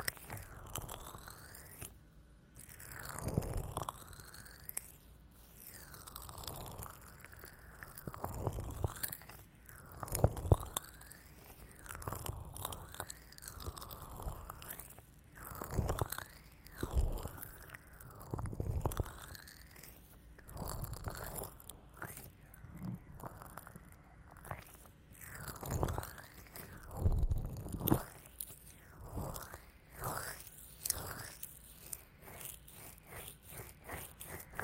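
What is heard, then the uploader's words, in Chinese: Wet squishing and rubbing of lotion being massaged into ears, coming in repeated slow strokes with soft crackles and muffled low thumps throughout. ASMR×黑3Dio | 乳液耳朵按摩 | EarMassage | NO Talking。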